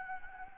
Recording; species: mosquito wingbeat signal from an infrared sensor; Anopheles gambiae